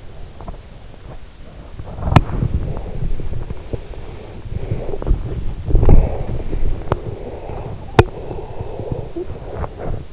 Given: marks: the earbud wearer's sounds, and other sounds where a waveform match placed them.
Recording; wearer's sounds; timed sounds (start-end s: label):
sounds in sleep by an in-ear microphone; swallowing, body movement, snoring breath, breath
0.00-0.65 s: swallowing
1.30-10.13 s: body movement
4.53-6.40 s: snoring breath
7.23-9.33 s: breath